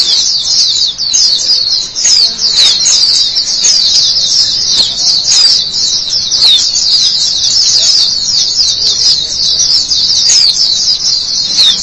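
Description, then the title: White-eye song, a sustained high twittering chatter of quick slurred notes continuing unbroken. "Kicauan Burung Pleci"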